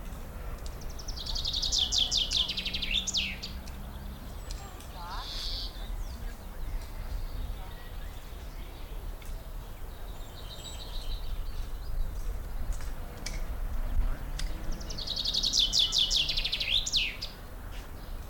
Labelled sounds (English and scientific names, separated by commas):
Common Blackbird (Turdus merula)